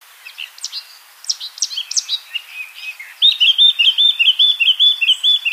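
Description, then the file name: Eurasian blackcap song: a scratchy warble of quick varied notes, then a clear fluting run of repeated whistled notes near the end. "Sylvia atricapilla"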